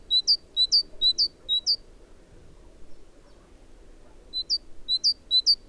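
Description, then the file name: Great tit song: crisp paired notes, low then higher, repeated rapidly in two short bursts with a quiet gap. "Parus major"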